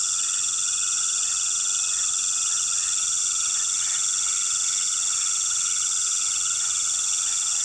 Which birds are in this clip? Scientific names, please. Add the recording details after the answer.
none. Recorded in pastures near Puerto Asís, Putumayo, Colombia, on 19 February 2024 at 20:00. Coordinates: 0.466, -76.323. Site G6384